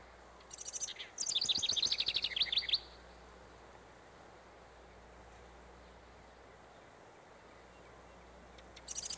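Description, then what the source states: House Wren song: a fast, jumbled bubbling cascade of high notes lasting about two seconds, then hiss, with a new phrase starting at the end. Sings in spring in the northern part of the state before migrating north to its summer home.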